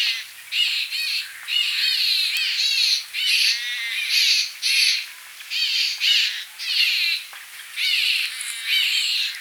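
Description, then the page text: Large grey babbler calls, a group of birds giving nasal, squeaky rattling phrases in repeated bursts, some overlapping, with brief pauses between them. Calls of a family group. "Large Grey Babbler Family Group Calls. Quick Sounds"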